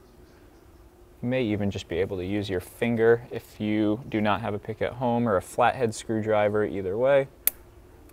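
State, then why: Released. The gray plastic lock tab on a Mercedes camshaft position sensor connector is coaxed up with a pick while someone talks. It clicks open sharply at 7.5 seconds, releasing the connector.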